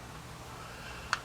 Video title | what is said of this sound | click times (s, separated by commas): WWI 1911 Erfurt Imperial Luger 9mm #Review and at the Range in 4k #gunreview | and it snaps into place | 1.1 s